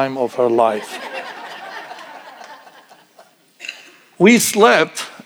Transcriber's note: audience laughing